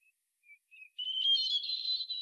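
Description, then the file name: European robin singing: scattered quiet introductory notes, then a rising, shimmering high warble that grows louder and continues to the end; otherwise quiet. "Erithacus rubecula"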